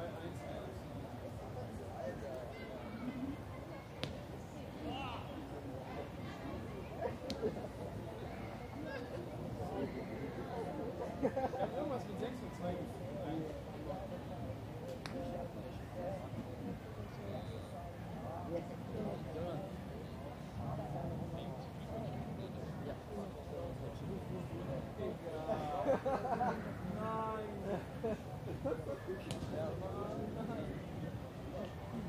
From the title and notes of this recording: The bustling scenery of Munich's famous Englischer Garten. The lively atmosphere of a Sunday afternoon.